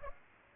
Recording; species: mosquito wingbeat signal from an infrared sensor; Aedes aegypti